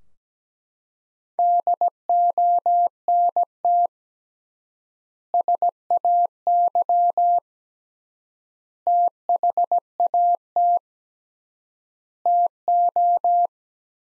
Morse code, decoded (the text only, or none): DONT SAY THAT TO